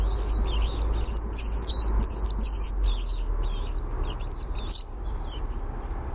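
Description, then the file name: European starling warbled song, a run of twisting, squeaky whistled phrases repeated rapidly for about five seconds, with a brief pause before a final phrase; low rumble underneath. "EUST warbledsong"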